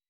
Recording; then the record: hydrophone in a shrimp aquaculture tank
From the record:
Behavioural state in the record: weakened